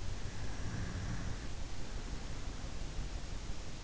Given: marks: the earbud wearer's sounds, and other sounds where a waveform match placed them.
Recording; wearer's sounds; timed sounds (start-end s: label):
sounds in sleep by an in-ear microphone; snoring breath
0.10-3.06 s: snoring breath